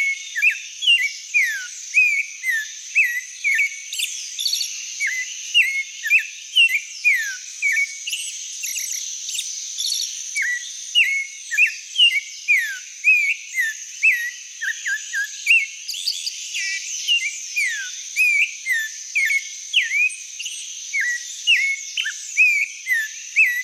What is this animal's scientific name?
Turdus grayi